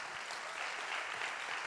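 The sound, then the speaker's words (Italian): A church audience claps together for its volunteers in steady, dense applause, a continuous crackling wash of many hands with no voices over it. “Vogliamo fare un applauso a queste persone?”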